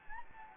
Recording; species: mosquito wingbeat signal from an infrared sensor; Anopheles gambiae